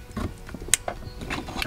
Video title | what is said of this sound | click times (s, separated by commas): How to Install a Tow Hitch & Wiring Harness on a 2022 Hyundai Santa Fe | you hear the audible click | 0.7 s